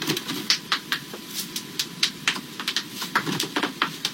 He cracked 46 different joints in a row.